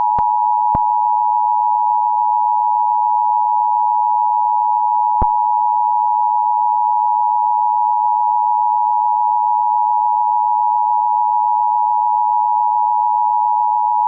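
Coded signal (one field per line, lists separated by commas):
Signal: Emergency Alert System (SAME) tones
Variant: 853 and 960 Hz attention tone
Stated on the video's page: Fictional law enforcement warning; the event and places are not real.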